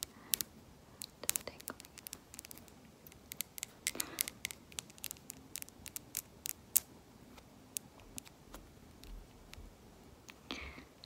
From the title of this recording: tapping on random items, screen tapping, nail tapping